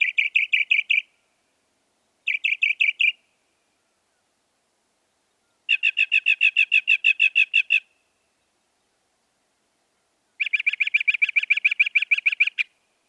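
Northern mockingbird song: a rapid stuttering note repeated in four bursts separated by pauses, the first two short, the later two longer with about twenty notes each.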